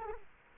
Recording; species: mosquito wingbeat signal from an infrared sensor; Culex quinquefasciatus